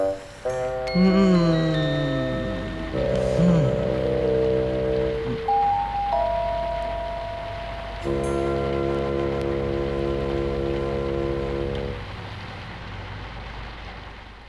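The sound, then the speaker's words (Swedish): Steady rain patters on a metal window sill as a continuous hiss beneath sustained, layered musical chords that shift in pitch every few seconds before fading near the end. “Ja, när det regnar så där så kommer jag att tänka på en pojke som det aldrig hände någonting.”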